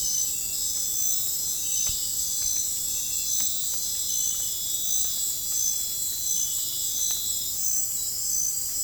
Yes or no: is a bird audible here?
no